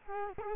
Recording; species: mosquito wingbeat signal from an infrared sensor; Culex quinquefasciatus